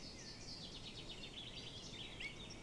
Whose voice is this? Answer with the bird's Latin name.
Fringilla coelebs